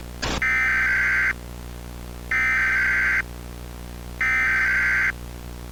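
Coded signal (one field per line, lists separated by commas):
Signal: Emergency Alert System (SAME) tones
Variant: header bursts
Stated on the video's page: Fictional EAS scenario, not a real alert.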